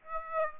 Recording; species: mosquito wingbeat signal from an infrared sensor; Aedes aegypti